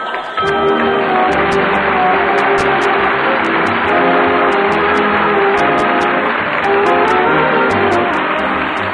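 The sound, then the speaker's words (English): A train pulls away with a loud, steady rumble and a rhythmic clatter, while a long sustained horn blast holds over the noise throughout. “Hold the train.”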